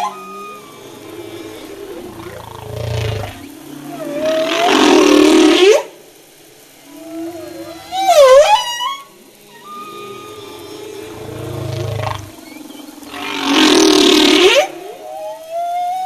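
Humpback whale song: low grunts and a long roaring wail, heard twice, with a bright sweeping cry between them.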